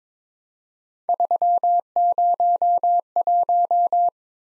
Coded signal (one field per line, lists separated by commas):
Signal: Morse code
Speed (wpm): 22 wpm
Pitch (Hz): 700 Hz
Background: none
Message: 301